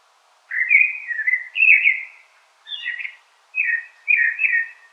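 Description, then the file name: Common blackbird warbling almost continuously, with low fluty, slurred whistles broken by short gaps and a scratchier phrase in the middle. "Turdus merula"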